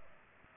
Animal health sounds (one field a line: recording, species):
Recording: mosquito wingbeat signal from an infrared sensor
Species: Aedes aegypti